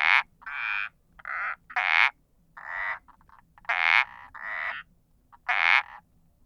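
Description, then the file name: Indian balloon frog giving loud, harsh croaks up to half a second long, in groups separated by short pauses. "Uperodon palmatus"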